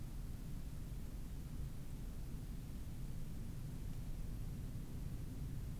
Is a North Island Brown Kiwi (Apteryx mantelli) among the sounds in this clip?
no